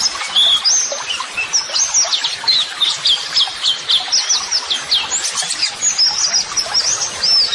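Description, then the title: Fast white-eye warbling, a crowded run of thin high notes and whistled slurs without a break. Masteran (model song) audio for training white-eyes, described as therapy audio meant to make a bird answer at once; 'gacor' meaning a vigorously singing bird. "Pleci Gacor. LANGSUNG NYAUT MASTERAN AUDIO TERAPI PLECI"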